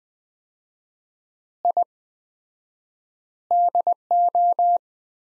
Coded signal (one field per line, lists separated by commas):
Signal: Morse code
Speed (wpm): 21 wpm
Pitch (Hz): 700 Hz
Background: none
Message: I DO